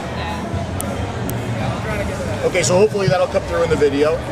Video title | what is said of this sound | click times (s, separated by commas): ECC Interviews Pt 2, Five Pawns & Epic Juice Reviews | uh it's it's got an extremely high quality feel to it when you make that click yes you definitely know that you got this mod locked and it's not going to fire | 0.8 s